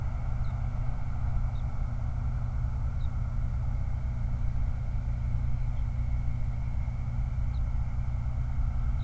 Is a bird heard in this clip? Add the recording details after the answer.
yes. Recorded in the Prudhoe Bay oil fields, Alaska, on 29 July 2019 at 04:02. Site 29